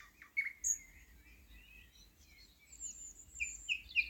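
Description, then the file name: Thrush nightingale notes: scattered sharp high notes and short whistles, with a brighter cluster of loud chips near the end. "thrush nightingale - luscinia luscinia"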